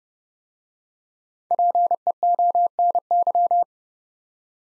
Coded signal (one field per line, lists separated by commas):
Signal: Morse code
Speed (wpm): 30 wpm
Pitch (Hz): 700 Hz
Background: none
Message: PEONY